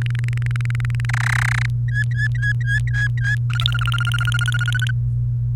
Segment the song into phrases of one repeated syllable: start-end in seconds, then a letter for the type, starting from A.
0.01-1.05 A, 1.09-1.66 B, 1.88-3.35 C, 3.50-4.91 D